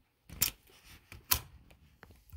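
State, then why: Not seated. Someone pushes the side-rail lock of a Baby Trend PY81979 crib as hard as possible into its receiver on the crib frame, producing knocks and plastic impacts, with the loudest at 0.4 s and 1.3 s and softer taps after. Nothing has clicked in, because the locking mechanism is broken.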